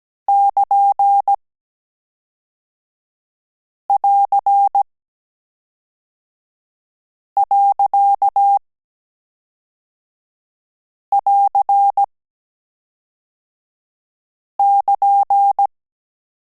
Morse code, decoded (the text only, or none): <KN><AR>.<AR><KN>